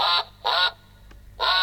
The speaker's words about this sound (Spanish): Los patos.